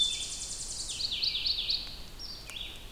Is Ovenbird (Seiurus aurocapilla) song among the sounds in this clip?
no